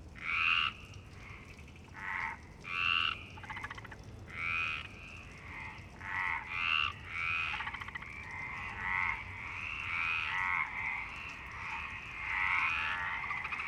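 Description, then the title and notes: Frog croaks: a run of separate rasping calls, growing into a denser, overlapping chorus of several frogs toward the end. Frogs in Parc Longchamp, Marseille, Provence-Alpes-Côte d'Azur, France, 26 March 2011 at 19:35; recorded with a MixPre-6 and Basic UCHO. "Marseille, Provence-Alpes-Côte d'Azur, France - 26_03_11_19_35 Longchamps grenouilles. Grenouilles au parc de Longchamp MIXPRE 6 + BASIC UCHO"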